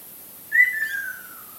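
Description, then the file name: Ruddy kingfisher call: a single loud whistled trill that starts high and slides steadily downward for about a second. "akashobin"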